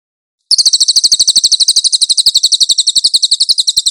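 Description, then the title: Cililin: high, rapid chattering trill from a Cililin, its notes pulsing quickly and steadily without a break. Master (tutor) song of the cililin, clear audio. "MASTER SANGAT BAGUS SUARA BURUNG CILILIN, AUDIO JERNIH"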